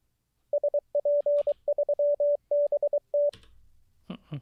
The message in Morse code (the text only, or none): SP3BT